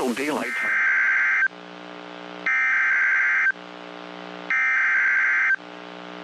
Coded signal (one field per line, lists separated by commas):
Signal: Emergency Alert System (SAME) tones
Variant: header bursts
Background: speech